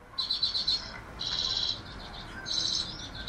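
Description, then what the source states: Redpoll calls: dry, buzzy, high trills in three short bursts. Arctic songbird about the size of a chickadee; eats lots of seed by day and uses stored seeds for energy at night; does not lower its body temperature.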